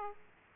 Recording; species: mosquito wingbeat signal from an infrared sensor; Aedes aegypti